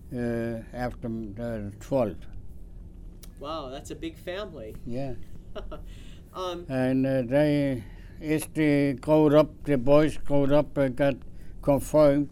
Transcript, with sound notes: uh, after that, 12 th.
Wow. That's a big family.
Yeah.
(Chuckles) Um...
And, uh, they, as they growed up, the boys growed up and got confirmed,